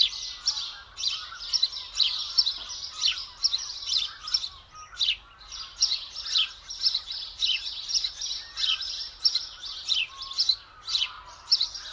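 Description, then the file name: House sparrow calls, dense overlapping chirps running almost continuously, with soft lower notes beneath. "Passer domesticus"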